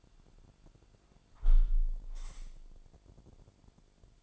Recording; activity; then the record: daily activity, microphone in the room; close window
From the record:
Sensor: 5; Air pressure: 1006.6 hPa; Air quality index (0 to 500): 195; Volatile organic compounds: 6 ppm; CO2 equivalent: 1855 ppm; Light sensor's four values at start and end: 56/160/62/63 and 56/160/62/63